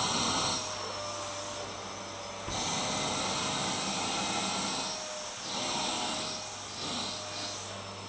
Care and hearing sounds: daily activity, microphone in the room; vacuum cleaning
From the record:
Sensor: 3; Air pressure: 1009.5 hPa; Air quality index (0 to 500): 196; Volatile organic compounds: 16 ppm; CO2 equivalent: 2548 ppm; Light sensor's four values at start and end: 36/88/38/40 and 36/88/38/40

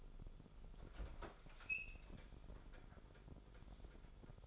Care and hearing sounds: daily activity, microphone in the room; open fridge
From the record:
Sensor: 5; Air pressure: 988.5 hPa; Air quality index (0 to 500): 218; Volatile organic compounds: 122 ppm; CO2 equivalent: 3884 ppm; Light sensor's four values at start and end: 42/129/50/53 and 42/127/50/53

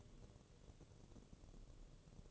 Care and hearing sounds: daily activity, microphone in the room; take from stove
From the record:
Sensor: 4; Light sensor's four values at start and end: 11/25/10/9 and 11/24/9/9

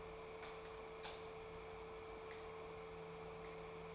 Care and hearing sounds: daily activity, microphone in the room; light off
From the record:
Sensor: 1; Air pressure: 1014.6 hPa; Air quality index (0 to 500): 178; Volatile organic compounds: 15 ppm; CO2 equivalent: 2514 ppm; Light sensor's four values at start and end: 17/48/19/21 and 14/34/14/16

